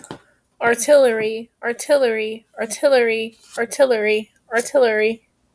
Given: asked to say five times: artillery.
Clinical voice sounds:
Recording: repeated word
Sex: female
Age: 20 to 29 years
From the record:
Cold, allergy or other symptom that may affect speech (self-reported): no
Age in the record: 23 years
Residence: Indiana, United States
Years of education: 12

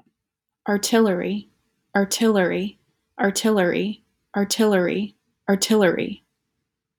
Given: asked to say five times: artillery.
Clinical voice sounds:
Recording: repeated word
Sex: female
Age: 20 to 29 years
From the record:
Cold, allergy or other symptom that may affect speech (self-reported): no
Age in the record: 29 years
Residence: Virginia, United States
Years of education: 18

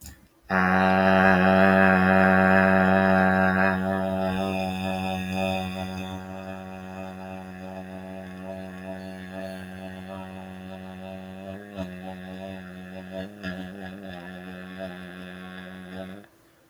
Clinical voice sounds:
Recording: vowel held as long as possible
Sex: male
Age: 20 to 29 years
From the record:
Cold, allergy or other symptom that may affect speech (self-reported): no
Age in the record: 24 years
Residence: Texas, United States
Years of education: 16

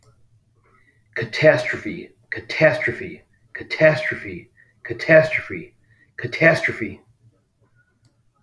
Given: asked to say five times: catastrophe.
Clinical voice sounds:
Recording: repeated word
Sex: male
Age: 60 to 69 years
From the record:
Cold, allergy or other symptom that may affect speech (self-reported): no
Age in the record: 60 years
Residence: Florida, United States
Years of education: 18

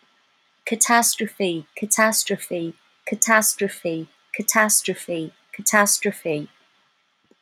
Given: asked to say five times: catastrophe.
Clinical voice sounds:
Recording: repeated word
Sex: female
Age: 50 to 59 years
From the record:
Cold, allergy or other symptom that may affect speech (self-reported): no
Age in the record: 54 years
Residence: Washington, United States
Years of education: 13

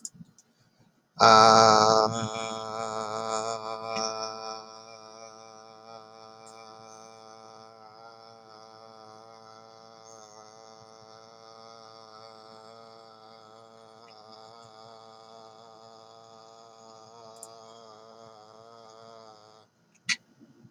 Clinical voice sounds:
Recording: vowel held as long as possible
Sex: male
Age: 30 to 39 years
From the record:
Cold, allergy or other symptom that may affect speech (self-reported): no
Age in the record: 36 years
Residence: Ohio, United States

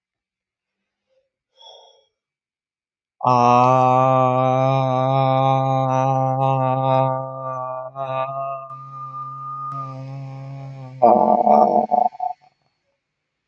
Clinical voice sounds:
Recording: vowel held as long as possible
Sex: male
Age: 30 to 39 years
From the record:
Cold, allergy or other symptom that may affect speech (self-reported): no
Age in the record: 36 years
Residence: Minnesota, United States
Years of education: 14

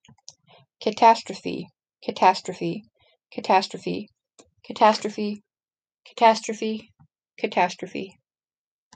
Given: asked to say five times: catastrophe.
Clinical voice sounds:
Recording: repeated word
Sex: female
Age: 30 to 39 years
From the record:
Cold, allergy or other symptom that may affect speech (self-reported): no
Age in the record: 37 years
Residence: California, United States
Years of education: 15

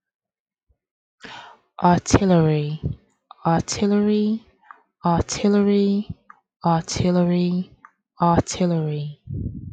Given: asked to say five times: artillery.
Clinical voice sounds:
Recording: repeated word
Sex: female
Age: 30 to 39 years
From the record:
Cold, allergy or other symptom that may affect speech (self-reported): no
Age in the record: 37 years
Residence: New York, United States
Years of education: 16

